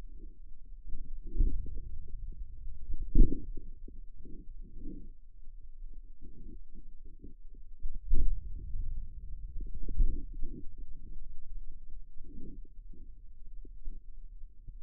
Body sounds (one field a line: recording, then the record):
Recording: forearm muscle sounds (acoustic myography)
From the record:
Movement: inward rotation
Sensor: system 2, bracelet of six BSWA MPA416 microphones around the upper forearm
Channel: 4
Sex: male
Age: 22 years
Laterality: right